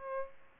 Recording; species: mosquito wingbeat signal from an infrared sensor; Aedes aegypti